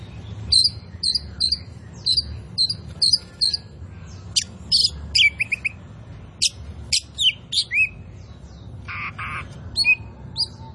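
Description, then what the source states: Oriental magpie-robin song opening with a steady run of repeated sharp notes, then louder rasping bursts, slurred whistles and a brief harsh churr. Kacer poci; gacor, singing vigorously and constantly.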